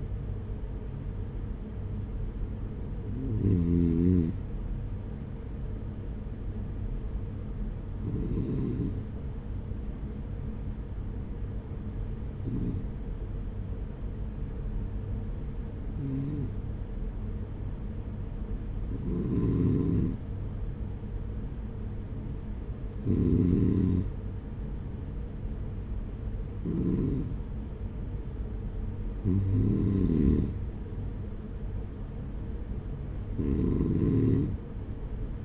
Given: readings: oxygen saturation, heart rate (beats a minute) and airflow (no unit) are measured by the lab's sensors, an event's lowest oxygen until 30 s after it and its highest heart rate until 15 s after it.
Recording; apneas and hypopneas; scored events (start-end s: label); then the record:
breathing in sleep by a smartphone at the bedside; 1
5.00-29.90 s: hypopnea (REM, oxygen 98% highest, then 95% lowest)
From the record:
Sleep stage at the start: REM sleep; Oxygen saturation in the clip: 97 to 98%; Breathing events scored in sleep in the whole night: 210 in 6.9 hours asleep